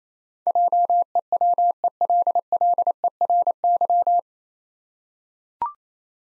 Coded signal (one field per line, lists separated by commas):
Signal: Morse code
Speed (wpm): 28 wpm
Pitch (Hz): 700 Hz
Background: none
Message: JEWELLERY